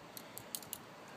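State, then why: Seated. A beginner pulls back the metal hammer of a revolver, producing a short series of quiet, sharp mechanical clicks. The loudest click at about 0.6 seconds is the hammer locking into the cocked position, and it is confirmed as cocked.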